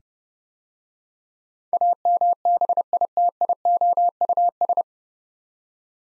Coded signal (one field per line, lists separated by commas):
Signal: Morse code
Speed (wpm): 28 wpm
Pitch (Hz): 700 Hz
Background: none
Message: AMBITIOUS